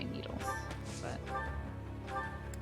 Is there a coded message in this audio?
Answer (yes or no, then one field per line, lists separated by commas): no